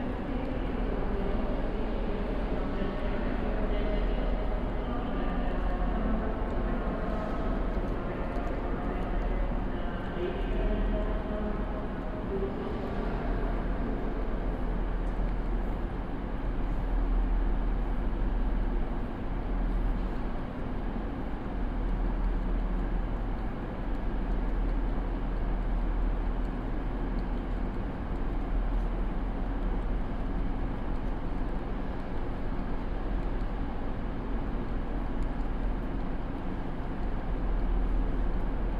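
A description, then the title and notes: A train ride recorded from inside the carriage, with a steady, dense rumble that stays at an even loudness for the whole stretch. A low hum runs underneath, and faint murmurs and small rattles surface now and then, especially in the first twenty seconds. Train to Leipzig. We hop on board a train heading to Leipzig.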